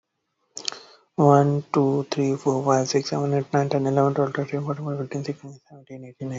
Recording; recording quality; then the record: counting at a fast pace; moderate, slight background noise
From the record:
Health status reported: exposed to COVID-19, no respiratory illness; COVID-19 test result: not tested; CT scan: not taken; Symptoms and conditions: none ticked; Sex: male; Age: 20 years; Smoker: no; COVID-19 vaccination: both doses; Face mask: not worn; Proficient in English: yes